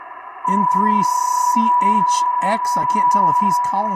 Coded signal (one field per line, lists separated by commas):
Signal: PSK31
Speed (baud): 31.25 baud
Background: speech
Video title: Digital Mode Revival - PSK31!!!